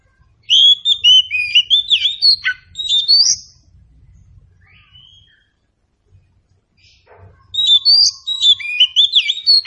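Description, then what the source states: Oriental Magpie-Robin song, a loud rush of varied whistled and chattering notes, a quieter spell, then another burst; a low rumble sounds faintly underneath. Meant to prompt a bird to sing in reply.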